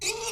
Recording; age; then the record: pig call; weaner (32 to 43 days)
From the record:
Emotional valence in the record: negative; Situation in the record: long isolation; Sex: female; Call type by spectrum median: high-frequency call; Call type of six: high-frequency stable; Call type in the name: high-frequency stable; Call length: 0.32 s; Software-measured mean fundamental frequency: 433 Hz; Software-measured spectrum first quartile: 1433 Hz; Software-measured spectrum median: 3825 Hz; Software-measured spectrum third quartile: 6318 Hz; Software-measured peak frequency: 443 Hz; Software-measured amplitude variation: 122 dB a second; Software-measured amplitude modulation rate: 14.0 a second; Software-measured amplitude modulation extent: 8.7 dB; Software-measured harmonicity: 4.2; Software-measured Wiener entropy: -1.82